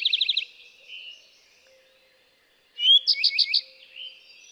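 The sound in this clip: Eastern towhee song: a clipped trill at the start, then one full phrase of a sharp introductory note followed by a quick ringing trill, with other birds chirping faintly behind.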